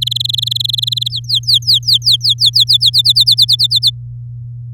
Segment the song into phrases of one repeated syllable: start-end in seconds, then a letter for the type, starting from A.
0.01-1.08 A, 1.09-2.90 B, 2.93-3.90 C